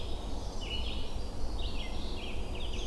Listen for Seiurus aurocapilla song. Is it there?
no